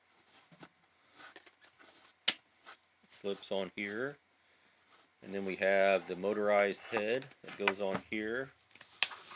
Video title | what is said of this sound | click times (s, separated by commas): JOCOSA Spin Brush Unboxing | and when you place and they just simply slide in and they click in place | 9.0 s